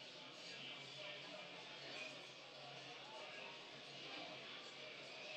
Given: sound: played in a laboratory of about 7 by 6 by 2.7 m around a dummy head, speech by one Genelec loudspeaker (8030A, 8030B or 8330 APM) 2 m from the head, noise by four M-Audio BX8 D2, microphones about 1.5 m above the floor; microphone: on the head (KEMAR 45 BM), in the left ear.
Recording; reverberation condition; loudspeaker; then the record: cafeteria noise; medium; four, about 170 cm from the corners of the room and facing them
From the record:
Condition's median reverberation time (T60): about 510 ms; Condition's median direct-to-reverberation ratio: about -0.5 dB